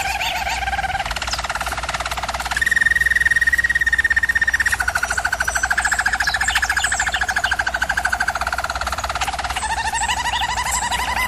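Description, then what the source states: German Roller canary giving continuous pulsed rolls, with a higher sustained tour early on, then lower rolling passages. German Roller canary singing, from a canary training video.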